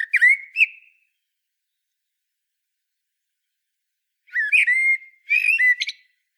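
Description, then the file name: Common blackbird whistling a fluty phrase, then after about three silent seconds two more phrases with high chattering ends. "Turdus merula"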